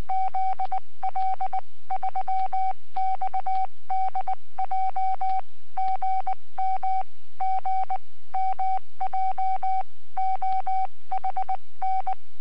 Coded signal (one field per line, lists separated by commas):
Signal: Morse code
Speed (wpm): 19 wpm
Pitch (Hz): 760 Hz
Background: none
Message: ZL3XDJ GM GM JOHN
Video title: Webcam video from 17 January 2015 at 08:25 (UTC)...G3PQA, 80M CW QSO.